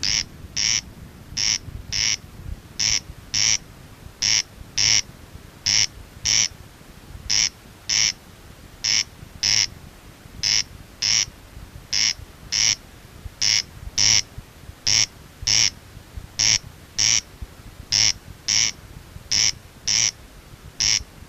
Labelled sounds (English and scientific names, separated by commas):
Corn Crake (Crex crex) call